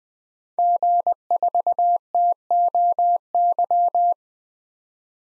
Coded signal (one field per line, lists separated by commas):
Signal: Morse code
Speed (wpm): 20 wpm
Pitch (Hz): 700 Hz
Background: none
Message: G4TOY